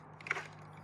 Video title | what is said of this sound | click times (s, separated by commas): Saturday Prepper Car How to Full length 26 minutes | I heard it snap in, that's good. | 0.3 s